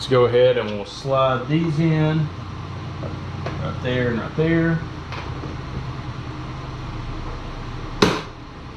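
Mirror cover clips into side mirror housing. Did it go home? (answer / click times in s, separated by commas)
yes / 8.0 s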